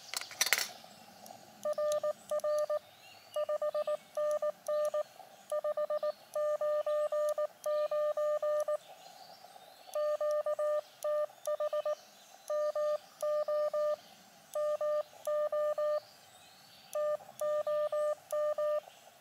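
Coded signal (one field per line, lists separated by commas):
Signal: Morse code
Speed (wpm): 19 wpm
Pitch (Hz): 600 Hz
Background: none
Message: RR 5NN 599 QTH MO MO TOM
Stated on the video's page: QRP portable hiking operation using an Elecraft KX2 with ATU and an AX1 small antenna.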